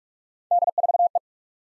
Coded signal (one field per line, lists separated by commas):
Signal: Morse code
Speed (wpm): 39 wpm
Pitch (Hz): 700 Hz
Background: none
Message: D4E